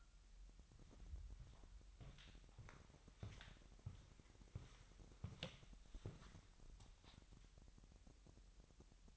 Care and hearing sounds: daily activity, microphone in the room; walk to room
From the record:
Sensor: 3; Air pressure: 1002.0 hPa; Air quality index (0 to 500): 247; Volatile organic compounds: 49 ppm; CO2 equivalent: 3279 ppm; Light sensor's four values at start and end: 9/21/8/8 and 6/15/6/6

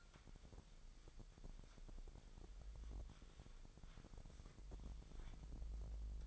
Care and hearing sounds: daily activity, microphone in the room; wipe stove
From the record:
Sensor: 5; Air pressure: 1001.1 hPa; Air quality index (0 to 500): 248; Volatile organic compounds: 35 ppm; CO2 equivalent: 3058 ppm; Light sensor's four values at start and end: 31/70/29/28 and 32/73/30/28

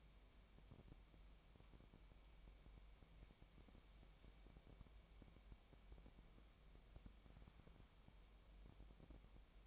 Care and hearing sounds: daily activity, microphone in the room; wipe stove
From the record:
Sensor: 1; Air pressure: 1003.2 hPa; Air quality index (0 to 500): 198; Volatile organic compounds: 6 ppm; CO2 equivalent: 1890 ppm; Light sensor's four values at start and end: 11/26/11/13 and 11/26/11/13

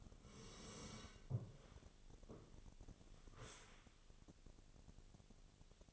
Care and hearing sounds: daily activity, microphone in the room; sit down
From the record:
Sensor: 4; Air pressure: 1001.2 hPa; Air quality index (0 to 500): 181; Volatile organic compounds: 2 ppm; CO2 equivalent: 1298 ppm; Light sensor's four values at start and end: 14/32/13/13 and 14/32/13/13

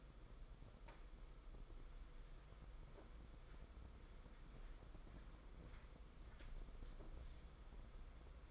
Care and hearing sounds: daily activity, microphone in the room; walk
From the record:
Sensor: 5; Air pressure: 990.9 hPa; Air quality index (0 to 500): 148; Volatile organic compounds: 147 ppm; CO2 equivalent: 4009 ppm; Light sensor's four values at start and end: 41/127/49/52 and 41/127/48/52

